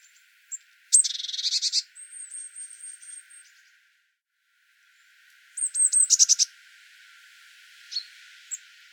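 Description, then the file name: Eurasian blue tit calls: a high, thin note, then a harsh, buzzy churr, a run of thin, high ticking notes, a pause, and another buzzy churring burst. "Cyanistes caeruleus"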